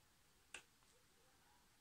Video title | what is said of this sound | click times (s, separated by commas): 3 knife challenge and what I look for in a bushcraft knife (2 open tag videos in one). | yeah and now the retention is really good goes in with a nice little click | 0.5 s